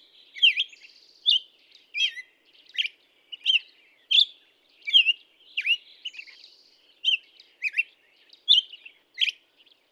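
Black-headed Grosbeak song, a lively run of whistled phrases, sharply slurred up and down, with a few buzzy notes.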